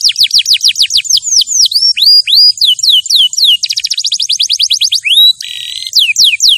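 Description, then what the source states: Canary singing a long, continuous medley of rapid downslurred whistles, a quick rolling trill, and a brief flat buzzy note, delivered at a brisk pace throughout. Champion canary song used as a master recording for tutoring other birds.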